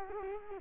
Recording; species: mosquito wingbeat signal from an infrared sensor; Culex quinquefasciatus